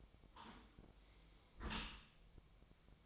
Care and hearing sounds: daily activity, microphone in the room; close dishwasher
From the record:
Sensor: 1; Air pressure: 1003.1 hPa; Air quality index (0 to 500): 197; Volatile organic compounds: 6 ppm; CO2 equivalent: 1880 ppm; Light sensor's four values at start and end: 19/47/20/24 and 19/47/20/23

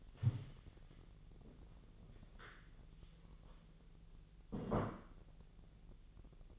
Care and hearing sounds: daily activity, microphone in the room; stand up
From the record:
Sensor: 4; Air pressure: 1001.2 hPa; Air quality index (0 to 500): 182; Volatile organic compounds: 2 ppm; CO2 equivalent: 1306 ppm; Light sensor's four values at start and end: 14/33/14/14 and 14/33/14/14

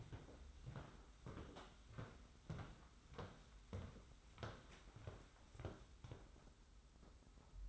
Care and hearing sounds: daily activity, microphone in the room; walk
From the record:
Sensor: 3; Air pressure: 991.6 hPa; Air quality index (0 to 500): 181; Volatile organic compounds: 1000 ppm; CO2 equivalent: 6027 ppm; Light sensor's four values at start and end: 39/112/45/39 and 39/111/45/40

